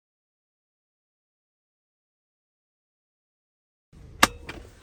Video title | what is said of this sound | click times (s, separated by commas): Evenflo Revolve 360 Extend - Why Should You Buy It? | want to hear that click | 4.2 s